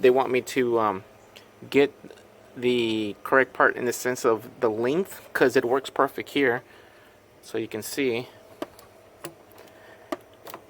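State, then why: Seated. Someone talks, then the plastic quick-connect coupling of a coolant heater hose on a 2013 BMW X5 35i E70 is pushed onto its heater pipe fitting to test the fit. Several sharp ticks follow between about 8.6 and 10.7 s. The coupling snaps home and seats at 10.1 s.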